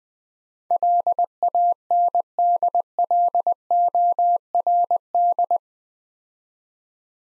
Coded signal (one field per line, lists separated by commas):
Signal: Morse code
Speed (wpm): 20 wpm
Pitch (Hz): 700 Hz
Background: none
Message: LANDLORD